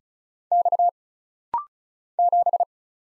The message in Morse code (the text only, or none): X 7